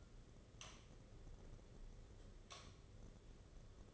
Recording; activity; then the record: daily activity, microphone in the room; light off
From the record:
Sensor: 4